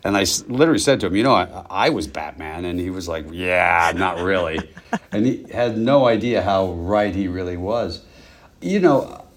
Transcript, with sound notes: And I literally said to him, you know, I was Batman. And he was like, yeah, not really.
(Laughter).
And he had no idea how right he really was. You know,